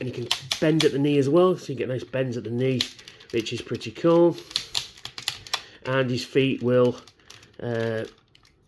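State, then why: Not seated. Someone talks while handling a plastic Transformers Energon Megatron action figure, bending it at the knee and folding out its plastic foot pieces to lock them onto the legs. A few short, sharp plastic handling clicks come around 4.8 to 5.5 seconds, and faint taps near 8.4 seconds. Nothing has snapped or seated into place yet.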